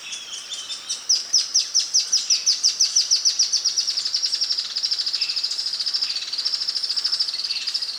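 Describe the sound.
Pink-legged Graveteiro trill: a long, fast series of sharp high notes that gradually drops slightly in pitch and softens.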